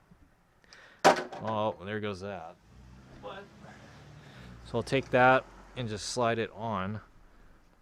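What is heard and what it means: A fuel pump component is slid onto the fuel pump and sending unit assembly of a 2002 Nissan Maxima while someone talks. Faint handling noises sit under the speech. Nothing has seated or clicked yet by the end of the clip.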